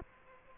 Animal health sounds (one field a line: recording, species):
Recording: mosquito wingbeat signal from an infrared sensor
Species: Culex quinquefasciatus